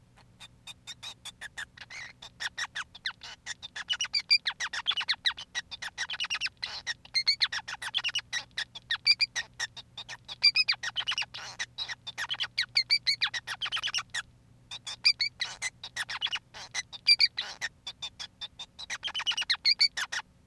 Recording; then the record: song of a male Bengalese finch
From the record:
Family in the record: son of father 5